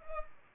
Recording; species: mosquito wingbeat signal from an infrared sensor; Culex pipiens